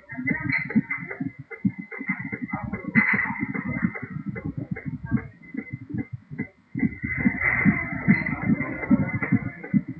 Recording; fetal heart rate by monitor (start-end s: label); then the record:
fetal heart sounds by stethoscope on the mother's abdomen
0.00-10.00 s: 141 bpm
From the record:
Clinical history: epilepsy, hypothyroidism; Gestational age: 37 weeks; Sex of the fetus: girl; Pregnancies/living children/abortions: 2/1/0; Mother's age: 27 years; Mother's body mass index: 31.6